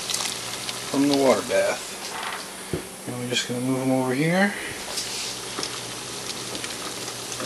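Jars of apple butter with metal canning lids on glass jars are lifted out of a water bath and moved aside while someone talks over a steady hiss and bubbling, with brief sharp knocks near 0.1 s and 0.7 s. No lid has popped down onto its rim yet, so nothing has sealed or clicked yet.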